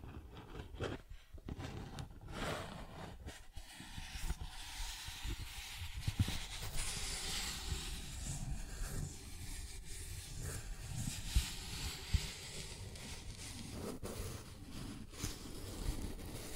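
Cardboard being scratched and traced, a dense, rough rustling that runs almost without pause for the whole stretch. The scraping swells and thins in uneven strokes, with brief brighter surges near 1, 2.5 and 14 seconds and a low rumble underneath throughout.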